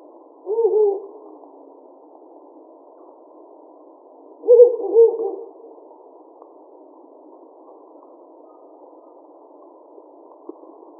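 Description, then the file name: Ural owl hooting: a low hoot near the start, then a doubled hoot about four seconds later, over a steady hiss. Recorded 25 May 2017. "hukurou 170525"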